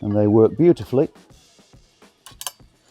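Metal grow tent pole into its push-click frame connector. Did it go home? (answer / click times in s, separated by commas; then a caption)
yes / 2.4 s, 2.5 s. Someone talks while a metal BudBox Pro grow tent frame pole is pushed into its metal corner connector, which has a push-button push-click catch. Quiet rustling follows, then sharp clicks at 2.4 s and 2.5 s as the pole snaps home and seats, giving a solid, secure connection.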